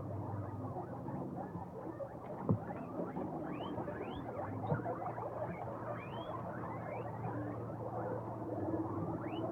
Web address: Tierstimmen meerschwein